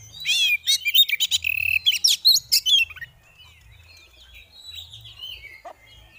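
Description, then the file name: Oriental magpie-robin song: a burst of loud, rapid whistled and chattering notes for about three seconds, then soft, thin warbling twitters with faint low hum beneath. Female, singing in ngeriwik and ngeplong styles. "Terapi Suara Burung Kacer Betina Ngeriwik Ngeplong"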